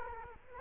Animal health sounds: mosquito wingbeat signal from an infrared sensor; Culex quinquefasciatus

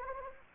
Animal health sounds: mosquito wingbeat signal from an infrared sensor; Anopheles gambiae

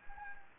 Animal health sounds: mosquito wingbeat signal from an infrared sensor; Anopheles gambiae

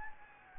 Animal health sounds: mosquito wingbeat signal from an infrared sensor; Anopheles gambiae

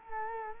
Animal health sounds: mosquito wingbeat signal from an infrared sensor; Culex quinquefasciatus

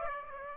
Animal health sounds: mosquito wingbeat signal from an infrared sensor; Aedes aegypti

